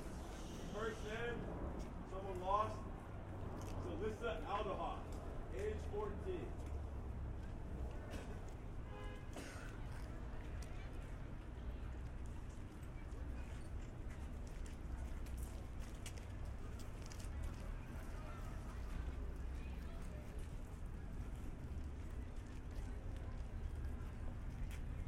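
Outdoor sound from a school walkout: a steady low rumble and crowd murmur run throughout. In the first ten seconds, voices rise above the din with shouted or chanted phrases, then the clip settles into a dense, even wash of chatter and background noise.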